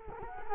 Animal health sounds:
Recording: mosquito wingbeat signal from an infrared sensor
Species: Culex quinquefasciatus

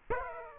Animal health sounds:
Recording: mosquito wingbeat signal from an infrared sensor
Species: Aedes aegypti

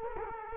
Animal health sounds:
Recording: mosquito wingbeat signal from an infrared sensor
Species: Culex quinquefasciatus

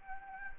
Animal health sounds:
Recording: mosquito wingbeat signal from an infrared sensor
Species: Anopheles gambiae

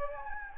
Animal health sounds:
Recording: mosquito wingbeat signal from an infrared sensor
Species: Anopheles gambiae

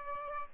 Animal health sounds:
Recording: mosquito wingbeat signal from an infrared sensor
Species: Aedes albopictus

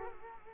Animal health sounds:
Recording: mosquito wingbeat signal from an infrared sensor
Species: Culex quinquefasciatus

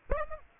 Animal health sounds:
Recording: mosquito wingbeat signal from an infrared sensor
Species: Aedes aegypti

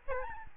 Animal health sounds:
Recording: mosquito wingbeat signal from an infrared sensor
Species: Aedes albopictus

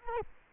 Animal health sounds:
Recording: mosquito wingbeat signal from an infrared sensor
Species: Culex quinquefasciatus

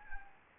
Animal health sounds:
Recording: mosquito wingbeat signal from an infrared sensor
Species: Anopheles gambiae

